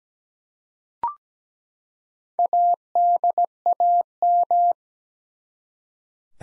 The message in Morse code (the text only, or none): ADAM